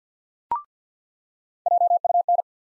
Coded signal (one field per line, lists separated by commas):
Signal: Morse code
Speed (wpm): 49 wpm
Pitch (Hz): 700 Hz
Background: none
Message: JUN